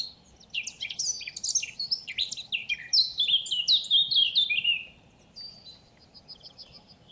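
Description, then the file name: Eurasian blackcap giving a rapid burst of high chirps and descending warbled notes for about four seconds, then quieter fainter notes. "Sylvia atricapilla"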